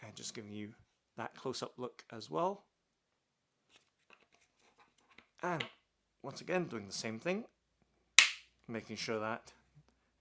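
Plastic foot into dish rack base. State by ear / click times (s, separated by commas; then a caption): seated / 8.2 s. Someone talks while the second plastic foot of a Joseph Joseph Connect Adjustable Dish Rack is pushed onto the dish rack base. A sharp, loud click is heard at 8.2 seconds as the foot seats into place. Gaps at the joints must not show.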